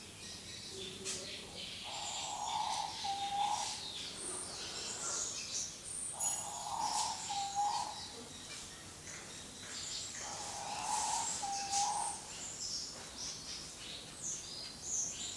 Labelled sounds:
Diamond Dove (Geopelia cuneata) courtship call
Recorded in captivity
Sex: male
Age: adult
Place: Zoo Berlin, Berlin, DE
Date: 2003-09-26 16:34
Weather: fair, 16-17°C
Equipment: Fair Mate ST-1328 (Asahi Electronics, Japan), Sennheiser ME 80, Kopie Uher 4000 Report Monitor
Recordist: Tembrock, Günter
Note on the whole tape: Balzlaute

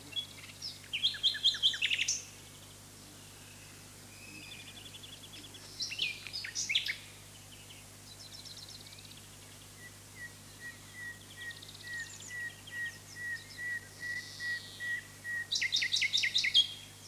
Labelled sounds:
Common Nightingale (Luscinia megarhynchos) song
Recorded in the wild
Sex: male
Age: adult
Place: Lübars, Berlin, DE
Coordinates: 52.6167, 13.35
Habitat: residential district
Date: 2006-05-12 19:00
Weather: sunny, 23°C
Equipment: Grundig CR 110, Sennheiser ME 80, Kopie Uher 4000 Report Monitor
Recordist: Tembrock, Günter
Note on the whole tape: Gesang, zusammenhängend

